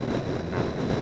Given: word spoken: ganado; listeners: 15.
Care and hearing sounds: one Spanish word in noise, from a listening test; noise modulated by three-talker babble; -7.2 dB; 0 of 15; 7 of 15; 0.62 s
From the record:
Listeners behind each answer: 7, 1, 1, 1, 1, 1, 1, 1, 1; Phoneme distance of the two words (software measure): 24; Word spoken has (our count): 3 syllables, 6 phonemes, stress on syllable 2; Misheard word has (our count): 2 syllables, 4 phonemes, stress on syllable 1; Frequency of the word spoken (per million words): 49.14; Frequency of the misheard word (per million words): 631.49

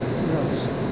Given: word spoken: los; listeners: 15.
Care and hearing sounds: one Spanish word in noise, from a listening test; speech-shaped noise; -4.4 dB; 1 of 15; 9 of 15; 0.52 s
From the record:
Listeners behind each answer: 9, 1, 1, 1, 1, 1, 1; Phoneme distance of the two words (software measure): 10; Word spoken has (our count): 1 syllable, 3 phonemes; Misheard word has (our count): 1 syllable, 3 phonemes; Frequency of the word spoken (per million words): 17164.95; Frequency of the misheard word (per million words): 1497.38

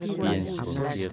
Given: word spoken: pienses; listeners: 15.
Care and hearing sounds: one Spanish word in noise, from a listening test; four-talker babble; -2.8 dB; 2 of 15; 11 of 15; 0.73 s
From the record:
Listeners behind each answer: 11, 2, 2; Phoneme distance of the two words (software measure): 17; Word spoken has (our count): 2 syllables, 7 phonemes, stress on syllable 1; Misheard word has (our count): 2 syllables, 6 phonemes, stress on syllable 1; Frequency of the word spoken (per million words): 2.46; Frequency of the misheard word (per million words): 51.03

